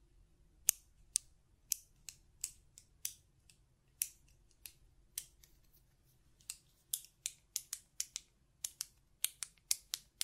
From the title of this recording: Button Clicking and Tapping Sounds